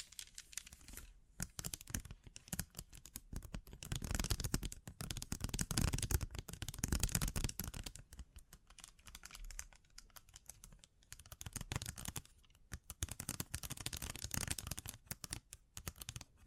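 Bling trigger sounds: a dense, fast stream of bright clicks, rattles and clinks, like small metal pieces being shuffled and handled. The clatter runs nearly without pause, growing fuller around the middle, with brief lulls near one, eleven and twelve seconds.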